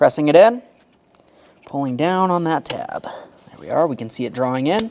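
Someone talks while the bottom black electrical connector of a 2009-2014 Nissan Maxima radiator fan assembly is pressed into its mating socket, its locking tab pulled down to draw it in. Only faint, quiet handling ticks are heard during a pause in the talking, around 0.9 to 1.3 seconds. The connector is still drawing in and nothing has seated or clicked yet.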